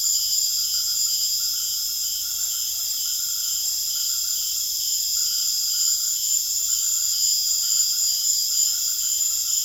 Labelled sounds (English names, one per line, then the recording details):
none
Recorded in secondary vegetation near Puerto Asís, Putumayo, Colombia, on 22 June 2025 at 19:00
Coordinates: 0.500, -76.326
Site GP08